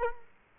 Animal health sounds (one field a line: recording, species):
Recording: mosquito wingbeat signal from an infrared sensor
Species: Culex quinquefasciatus